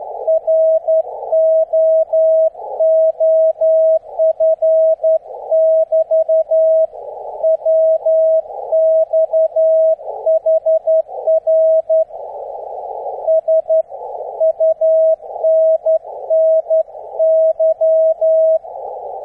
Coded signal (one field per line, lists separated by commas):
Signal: Morse code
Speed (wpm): 12 wpm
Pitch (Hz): 640 Hz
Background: none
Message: ROOF <BT> WX HR SUNNY